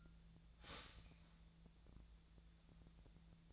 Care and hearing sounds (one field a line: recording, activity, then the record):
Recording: daily activity, microphone in the room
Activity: start toaster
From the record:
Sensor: 3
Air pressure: 1009.4 hPa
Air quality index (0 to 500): 198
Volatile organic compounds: 17 ppm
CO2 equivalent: 2566 ppm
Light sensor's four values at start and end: 32/81/34/36 and 32/81/34/36